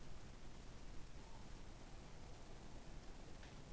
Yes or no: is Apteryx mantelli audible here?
no